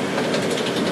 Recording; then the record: background sound without coughing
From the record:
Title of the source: Office Sounds Ambience - Background Noise for Study and Work